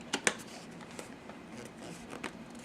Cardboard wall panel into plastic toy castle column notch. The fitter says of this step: and it kind of snaps into place as well